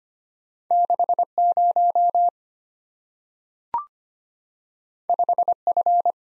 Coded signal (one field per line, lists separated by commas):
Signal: Morse code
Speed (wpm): 25 wpm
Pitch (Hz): 700 Hz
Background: none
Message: 60 5F